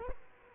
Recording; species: mosquito wingbeat signal from an infrared sensor; Culex quinquefasciatus